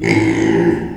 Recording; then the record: squeal of a Yucatan mini pig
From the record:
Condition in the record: before surgery on the right vocal fold (resection and tissue-engineered implant); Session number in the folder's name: 2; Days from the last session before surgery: -15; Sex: female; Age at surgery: 19 weeks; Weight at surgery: 25 kg